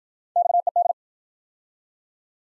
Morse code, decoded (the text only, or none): XED